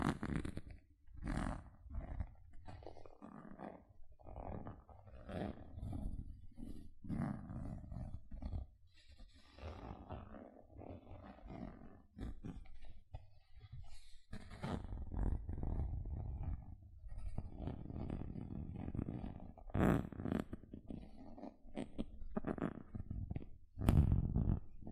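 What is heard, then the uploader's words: Gentle scratching comes in uneven strokes with a deep rumbly body and crisp, bright ticks on top. Brief quieter gaps fall around 9 and 14 seconds, and a few sharper, louder taps stand out near 20 and 24 seconds. ASMR 6 Tingly Gentle Scratching Sounds (No Talking).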